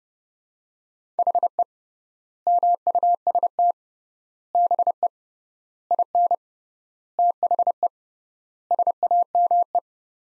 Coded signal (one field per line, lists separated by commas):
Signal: Morse code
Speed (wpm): 30 wpm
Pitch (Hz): 700 Hz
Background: none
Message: HE MUST BE IN THE SAME